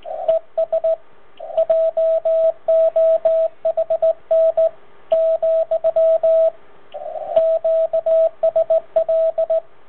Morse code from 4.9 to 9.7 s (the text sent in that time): , QSL